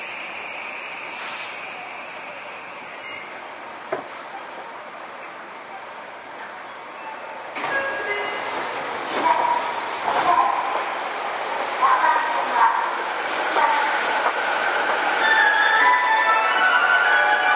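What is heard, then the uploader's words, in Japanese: Onboard a commuter train, a steady rolling rumble fills the car with a thin high whine at first. After about eight seconds it grows louder as the train picks up speed, with rising motor tones and occasional clunks and rattles. 西武6000系 和光市〜新木場。1991年度から1995年度までに製造された6101F - 6117Fの車体は軽量ステンレス製。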